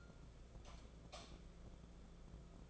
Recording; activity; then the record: daily activity, microphone in the room; light off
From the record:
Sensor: 5